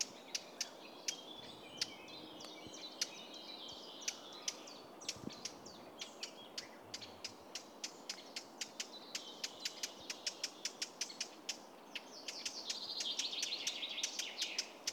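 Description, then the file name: Eurasian blackcap song, rapid warbled phrases of high chattering notes at the start and again near the end, over a steady stream of sharp clicks and ticks. "Sylvia atricapilla"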